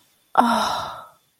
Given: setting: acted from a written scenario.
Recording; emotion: vocal sound without words; awe